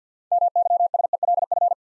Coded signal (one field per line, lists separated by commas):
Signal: Morse code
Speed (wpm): 48 wpm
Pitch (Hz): 700 Hz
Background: none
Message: MYSELF